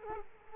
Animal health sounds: mosquito wingbeat signal from an infrared sensor; Culex quinquefasciatus

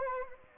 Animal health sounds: mosquito wingbeat signal from an infrared sensor; Anopheles arabiensis

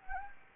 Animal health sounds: mosquito wingbeat signal from an infrared sensor; Anopheles gambiae

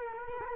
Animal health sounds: mosquito wingbeat signal from an infrared sensor; Culex quinquefasciatus

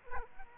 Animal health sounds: mosquito wingbeat signal from an infrared sensor; Aedes aegypti

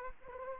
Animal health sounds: mosquito wingbeat signal from an infrared sensor; Anopheles arabiensis

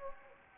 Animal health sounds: mosquito wingbeat signal from an infrared sensor; Anopheles gambiae

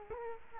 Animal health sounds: mosquito wingbeat signal from an infrared sensor; Culex quinquefasciatus

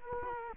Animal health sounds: mosquito wingbeat signal from an infrared sensor; Culex quinquefasciatus

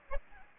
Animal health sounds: mosquito wingbeat signal from an infrared sensor; Aedes aegypti

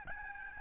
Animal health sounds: mosquito wingbeat signal from an infrared sensor; Aedes albopictus

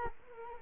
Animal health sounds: mosquito wingbeat signal from an infrared sensor; Culex quinquefasciatus

